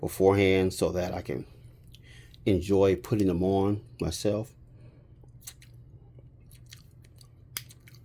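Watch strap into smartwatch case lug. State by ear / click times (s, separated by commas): seated / 7.6 s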